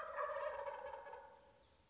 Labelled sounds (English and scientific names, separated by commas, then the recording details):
Wild Turkey (Meleagris gallopavo)
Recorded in Sonoma County, California